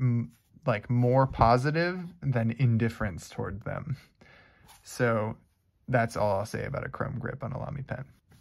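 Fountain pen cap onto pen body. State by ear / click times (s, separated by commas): not seated / none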